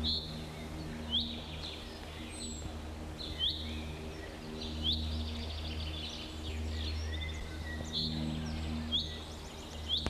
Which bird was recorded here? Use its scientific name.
Fringilla coelebs